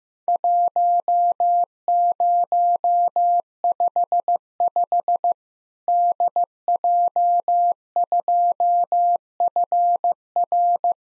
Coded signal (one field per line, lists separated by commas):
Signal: Morse code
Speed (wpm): 15 wpm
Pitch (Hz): 700 Hz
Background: none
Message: 1055 DJ2FR